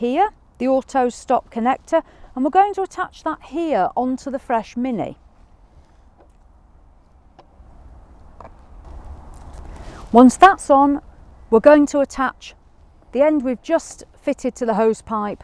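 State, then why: Seated. Someone talks while a plastic auto-stop hose connector is pushed onto the fitting of a Colapz Fresh Mini collapsible fresh-water container. A sharp click sounds at 8.4 s, followed by quieter handling noise, and the connector is seated.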